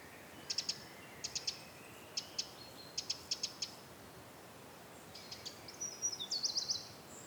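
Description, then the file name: Eurasian wren giving hard clicking calls in pairs and triplets, followed near the end by a brief higher, rapid twittering phrase from a bird. "Troglodytes troglodytes"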